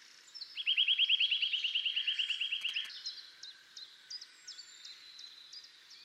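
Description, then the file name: Eurasian nuthatch trill, a rapid run of many identical piping notes lasting over two seconds, then thin, sharp chirps follow. "Sitta europaea"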